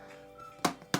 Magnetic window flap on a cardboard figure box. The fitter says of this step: So, they have a nice solid click when you close them.